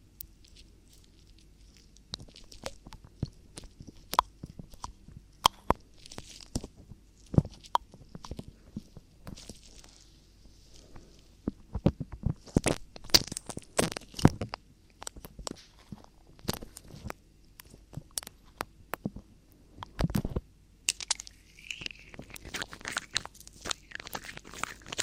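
Ear cleaning sounds made of sharp, crackly clicks and scratchy rustles arrive in irregular bursts, sparse at first and growing denser after about twelve seconds. A soft, steady low hiss sits underneath, and a brief brighter scraping sound appears near twenty-two seconds.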